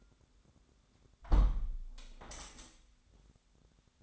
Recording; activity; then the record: daily activity, microphone in the room; close window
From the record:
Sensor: 3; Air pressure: 1006.6 hPa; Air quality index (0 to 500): 205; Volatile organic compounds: 18 ppm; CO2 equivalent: 2620 ppm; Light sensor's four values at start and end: 10/24/10/10 and 10/24/10/10